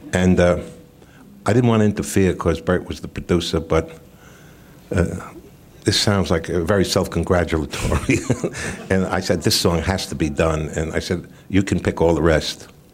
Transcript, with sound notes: And I didn't want to interfere 'cause Bert was the producer but - this sounds, like, very self-congratulatory (laughter). And I said, this song has to be done. And I said, you can pick all the rest.